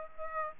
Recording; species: mosquito wingbeat signal from an infrared sensor; Aedes aegypti